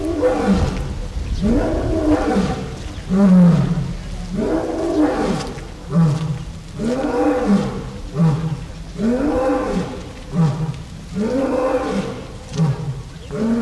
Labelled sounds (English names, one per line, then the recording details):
Lion call
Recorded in captivity
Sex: male
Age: adult
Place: Zoo Berlin, Berlin, DE
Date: 2008-09-05 14:20
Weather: partly cloudy, ca. 23°C
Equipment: Sony WM-D6C, Sennheiser ME 80, Kopie Uher 4000 Report Monitor
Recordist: Tembrock, Günter